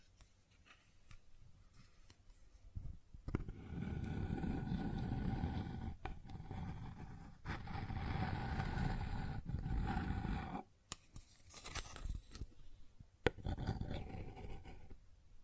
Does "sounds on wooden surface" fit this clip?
yes